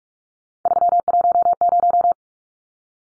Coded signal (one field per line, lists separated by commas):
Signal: Morse code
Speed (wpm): 44 wpm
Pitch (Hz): 700 Hz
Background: none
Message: 310